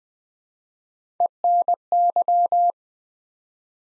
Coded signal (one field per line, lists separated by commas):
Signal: Morse code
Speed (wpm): 20 wpm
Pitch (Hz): 700 Hz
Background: none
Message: ENY